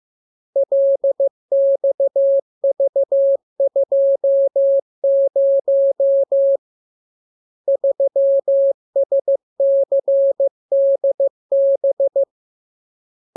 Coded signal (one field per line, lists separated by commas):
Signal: Morse code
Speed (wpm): 15 wpm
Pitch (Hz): 550 Hz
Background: none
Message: LXV20 3SCDB